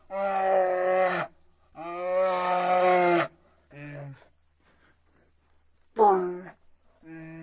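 Bear roars, a series of long harmonic growling bellows, two sustained, then shorter grunting roars with pauses between.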